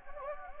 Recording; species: mosquito wingbeat signal from an infrared sensor; Anopheles gambiae